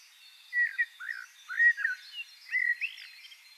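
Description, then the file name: Eurasian blackbird delivering soft, slurred whistled notes in a short run. "Turdus merula"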